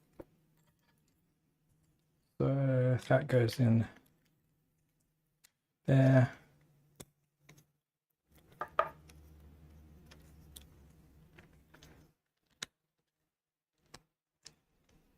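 A 3D-printed plastic part of a model truck chassis is handled and pressed toward its mating part while someone talks, with scattered light clicks and plastic handling noises in between. Nothing has seated or clicked into place yet.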